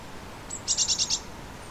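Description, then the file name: Eurasian blue tit call: one faint high note, then a quick run of five thin, high notes in under half a second. "Cyanistes caeruleus"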